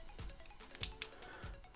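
The hammer of an installed gun trigger group is cocked and latches back on the sear, giving a sharp metallic click at 0.8 s, with a smaller tick just before it and another at 1.0 s. Faint handling sounds come before and after, and no one speaks. The hammer is confirmed cocked and latched.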